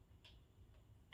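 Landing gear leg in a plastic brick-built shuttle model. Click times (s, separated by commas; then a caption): 0.2 s. A builder lowers a landing gear leg on a plastic brick-built Lego space shuttle model until it snaps into its deployed position. A brief, light tick is heard at 0.2 s, with another faint tick near 0.7 s and a sharper click at the very end. The landing gear pops into place and is seated.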